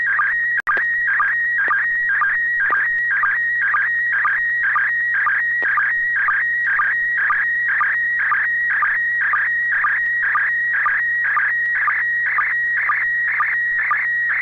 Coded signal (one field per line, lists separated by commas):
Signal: SSTV (slow-scan television)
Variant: PD 120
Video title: N6NA SSTV Net - 01/25/2023